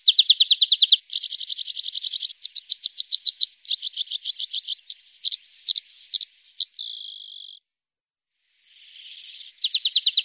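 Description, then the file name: Lark song in a varied sequence of fast repeated trills and chirps, with slurred rising and falling whistles and a brief buzz before a pause and more trilling. Masteran training recording for larks. "masteran untuk lark"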